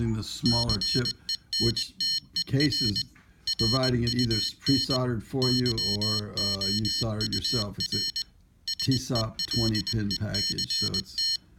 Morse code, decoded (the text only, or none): CENTER RUN YOUR SELECT